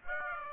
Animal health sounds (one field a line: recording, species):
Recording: mosquito wingbeat signal from an infrared sensor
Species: Aedes aegypti